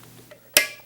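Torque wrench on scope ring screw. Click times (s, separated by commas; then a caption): 0.6 s. A torque wrench set to 30 inch-pounds tightens the next scope ring screw, with faint low activity and a soft tick at 0.3 s. A loud, sharp click sounds at 0.6 s and rings briefly, confirming the screw has reached torque.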